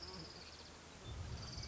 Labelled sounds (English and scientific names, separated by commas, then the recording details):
Orange-crowned Warbler (Leiothlypis celata)
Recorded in Sonoma County, California